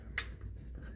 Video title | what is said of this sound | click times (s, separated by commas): How to install a visor onto a ZERO Safety Helmet | Hear it click as the peg locates. | 0.2 s